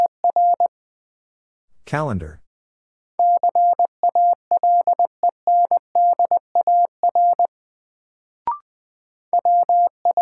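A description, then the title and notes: Morse code beeps in a steady mid-pitched tone, keyed in quick groups, broken by a brief warbling burst near two seconds and a click. First, the word is sent in Morse code. 20wpm.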